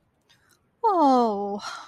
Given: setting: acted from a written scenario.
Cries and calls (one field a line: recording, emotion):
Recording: vocal sound without words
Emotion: disappointment